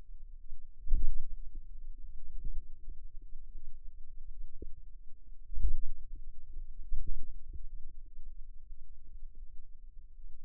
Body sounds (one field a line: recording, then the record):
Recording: forearm muscle sounds (acoustic myography)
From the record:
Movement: pen grasping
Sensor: system 2, bracelet of six BSWA MPA416 microphones around the upper forearm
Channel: 6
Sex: female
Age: 23 years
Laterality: right